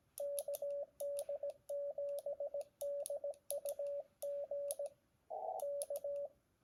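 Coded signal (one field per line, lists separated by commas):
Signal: Morse code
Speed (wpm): 17 wpm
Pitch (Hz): 570 Hz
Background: radio noise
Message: KD7DUG K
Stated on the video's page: Morse on an mcHF QRP software-defined transceiver.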